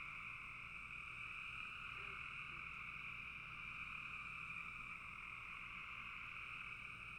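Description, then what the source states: Frogs calling in a dense chorus, a continuous steady trilling drone in two bands with no pauses and even loudness throughout. Frogs in a bog.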